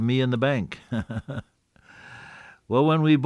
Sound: laughs